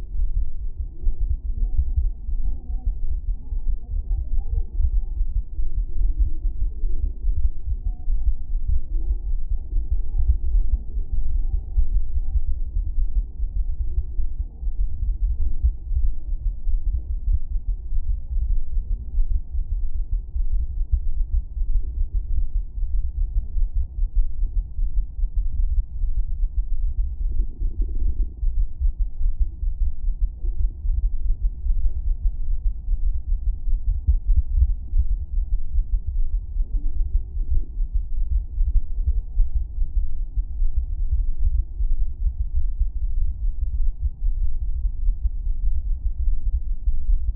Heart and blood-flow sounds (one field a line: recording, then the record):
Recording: fetal heart sounds by stethoscope on the mother's abdomen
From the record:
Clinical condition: thrombocytopenia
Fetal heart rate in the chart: 135 bpm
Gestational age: 35 weeks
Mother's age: 24 years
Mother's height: 153 cm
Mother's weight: 62 kg